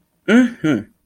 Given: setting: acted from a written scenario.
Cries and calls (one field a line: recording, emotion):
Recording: vocal sound without words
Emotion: pride